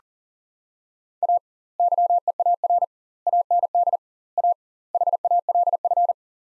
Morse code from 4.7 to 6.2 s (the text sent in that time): HALF